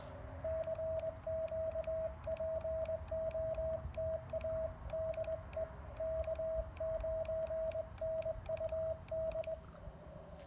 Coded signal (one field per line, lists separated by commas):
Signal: Morse code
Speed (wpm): 20 wpm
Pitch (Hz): 640 Hz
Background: radio noise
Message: CQ POTA DE K9NUD